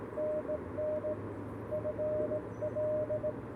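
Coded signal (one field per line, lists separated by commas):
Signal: Morse code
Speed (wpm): 20 wpm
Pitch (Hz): 590 Hz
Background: radio noise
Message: NN FL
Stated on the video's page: Morse code keyed for a quick parks on the air activation using a CFT-1 radio and a PERformer 17-foot whip antenna, covering 20m to 10m.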